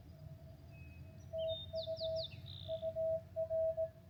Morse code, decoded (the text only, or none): TU UR